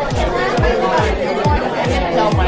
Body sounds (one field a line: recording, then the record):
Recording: background sound without coughing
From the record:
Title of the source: Nightlife Party Simulating Party Club Noise 1 Hour